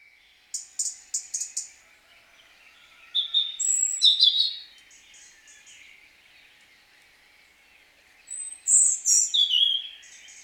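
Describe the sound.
European robin song: sweet high warbled phrases with thin whistles and trills, delivered in short bursts separated by pauses, over a steady faint background hiss.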